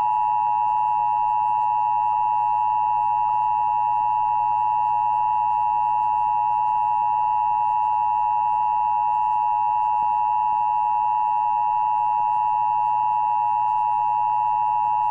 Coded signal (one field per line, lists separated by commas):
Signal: Emergency Alert System (SAME) tones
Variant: 853 and 960 Hz attention tone